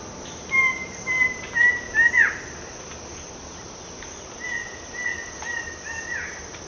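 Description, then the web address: Mouse-colored antshrike song: a phrase of a drawn-out note and a few quicker notes, then a softer repeat of the phrase a few seconds later. Eastern lowlands of South America. "Natures Songs S America Eastern Lowlands. Mouse-colored Antshrike"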